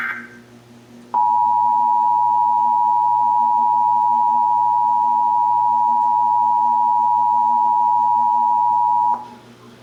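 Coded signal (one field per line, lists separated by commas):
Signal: Emergency Alert System (SAME) tones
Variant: 853 and 960 Hz attention tone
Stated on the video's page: Texas Required Monthly Test, March 2024, as carried on multiple radio and TV stations.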